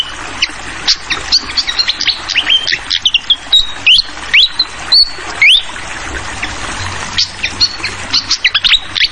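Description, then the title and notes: Fantail song of quick high chirps and a few clear rising whistles, pausing briefly midway, over trickling water noise. Clear-voiced song mixed with the sound of trickling water, used for tutoring songbirds (masteran). "Masteran Sikatan Kipas Suara Jernih Dan Suara Gemericik Air. Suara Burung Sikatan Londo"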